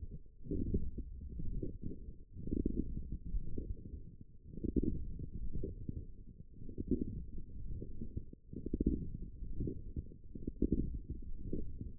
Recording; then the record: forearm muscle sounds (acoustic myography)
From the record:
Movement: forearm pronation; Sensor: system 1, eight BSWA MPA416 microphones around the upper forearm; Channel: 4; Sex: female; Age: 20 years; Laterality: right